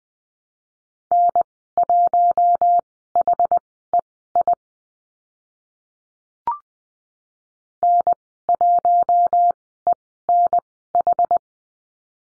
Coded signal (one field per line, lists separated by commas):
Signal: Morse code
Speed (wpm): 20 wpm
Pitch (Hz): 700 Hz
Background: none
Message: N1HEI N1ENH